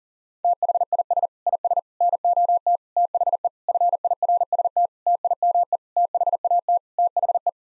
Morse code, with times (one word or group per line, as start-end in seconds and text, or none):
0.4-1.3 THIS
1.5-1.8 IS
2.0-2.8 NOT
3.0-3.5 THE
3.7-4.9 FIRST
5.1-5.8 TIME
6.0-6.8 THAT
7.0-7.5 THE